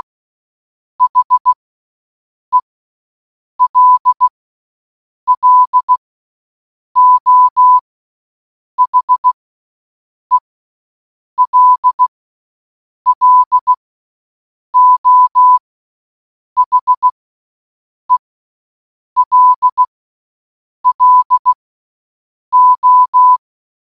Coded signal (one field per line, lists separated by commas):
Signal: Morse code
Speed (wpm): 16 wpm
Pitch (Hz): 1000 Hz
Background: none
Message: HELLO HELLO HELLO